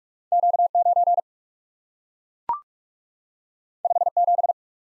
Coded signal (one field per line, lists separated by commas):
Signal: Morse code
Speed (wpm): 42 wpm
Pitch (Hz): 700 Hz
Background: none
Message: Q 9 5 7